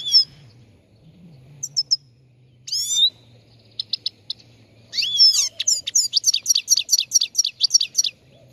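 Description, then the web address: Chegolín song: scattered high chirps and slurred whistles building into a fast, steady series of repeated twittering notes, over a soft low hum. Morning song, on the roof of a house. "el canto matutino del chegolin en el tejado de casa"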